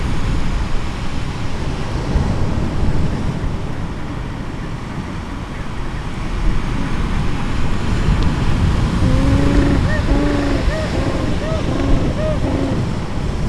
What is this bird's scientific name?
Pygoscelis papua